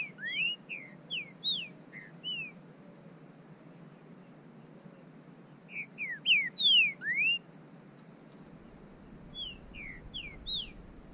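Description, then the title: Bird calling in short phrases of sliding whistles, three groups separated by quiet gaps, with a faint low rumble near the end. "burung"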